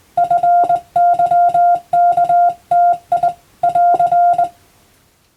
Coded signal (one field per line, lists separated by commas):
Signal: Morse code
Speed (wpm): 20 wpm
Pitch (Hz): 700 Hz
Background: none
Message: FYKTI <AR>